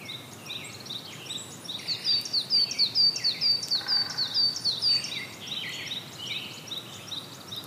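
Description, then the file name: Brown-headed thrush gives mellow phrases at the start and end, with a rapid series of sharp high notes running through the middle. "akahara"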